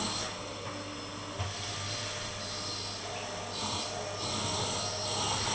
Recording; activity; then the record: daily activity, microphone in the room; vacuum cleaning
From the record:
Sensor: 4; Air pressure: 991.8 hPa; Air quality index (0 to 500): 113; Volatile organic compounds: 20 ppm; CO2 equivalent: 2690 ppm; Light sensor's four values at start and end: 15/50/19/18 and 18/59/22/22